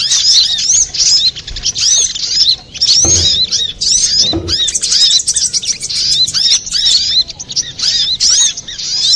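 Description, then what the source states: Little spiderhunter delivering a busy, shrill chattering song in rapid bursts, with a couple of soft thuds midway. Master recording for training cage birds; Indonesian name sogok ontong, labelled Labaik.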